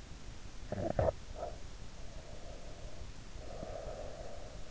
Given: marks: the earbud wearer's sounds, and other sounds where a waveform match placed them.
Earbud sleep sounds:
sounds in sleep by an in-ear microphone; snoring breath, breath
0.26-2.22 s: snoring breath
2.22-4.71 s: breath

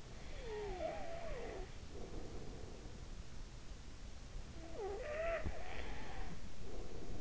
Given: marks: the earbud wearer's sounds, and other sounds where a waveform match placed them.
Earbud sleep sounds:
sounds in sleep by an in-ear microphone; snoring breath
0.07-3.07 s: snoring breath
4.27-7.21 s: snoring breath

